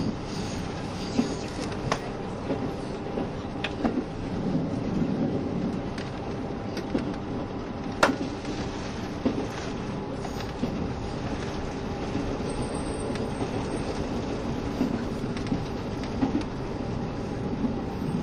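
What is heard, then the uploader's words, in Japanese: Inside the KiHa 72 Yufuin no Mori train, a steady low rumble runs throughout, with occasional sharp clicks and a faint high tone. キハ72系 ゆふいんの森06号01 由布院～うきは。走行音。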